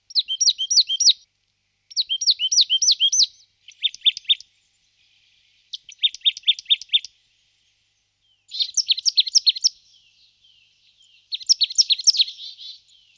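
Marsh tit calls: six bursts of rapid high chirps, some bursts lower, separated by brief pauses.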